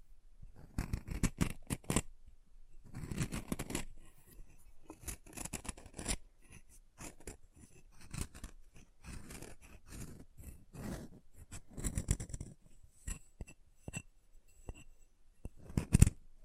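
Chalk being carved and cut, heard as a run of short scraping and snipping strokes that come in irregular bursts throughout. The strokes are crisp and bright with some lower thuds, separated by brief quiet gaps, and one sharp louder snap lands near the end.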